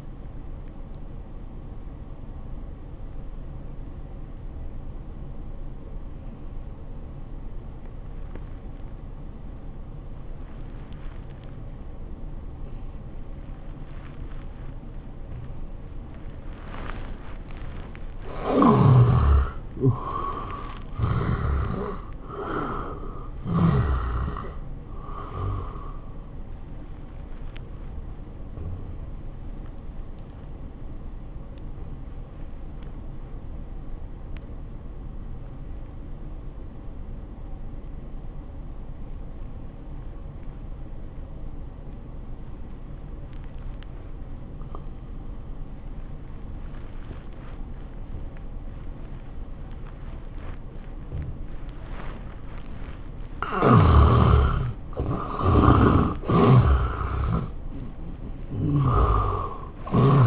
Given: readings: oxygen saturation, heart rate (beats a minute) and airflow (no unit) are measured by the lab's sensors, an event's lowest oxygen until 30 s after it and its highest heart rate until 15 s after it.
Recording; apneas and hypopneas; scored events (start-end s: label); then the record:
breathing in sleep by a smartphone at the bedside; 2
3.00-20.90 s: obstructive apnea (N1, oxygen 95% highest, then 81% lowest, heart rate 82 at the start, 95 highest)
32.00-54.50 s: obstructive apnea (N1, oxygen 96% highest, then 76% lowest, heart rate 84 at the start, 100 highest)
From the record:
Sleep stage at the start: N1 (lightest sleep); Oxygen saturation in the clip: 76 to 96%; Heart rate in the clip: 77 to 96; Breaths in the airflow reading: 6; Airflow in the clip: -16.6 to 13.0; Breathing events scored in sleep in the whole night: 403 in 5.5 hours asleep